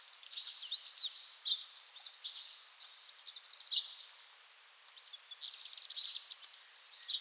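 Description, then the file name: Eurasian wren song: an energetic four-second burst of rapid high trills and chattering notes, followed by a softer, fainter song fragment. "Troglodytes troglodytes"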